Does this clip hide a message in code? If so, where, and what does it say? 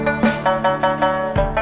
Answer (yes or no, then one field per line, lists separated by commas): no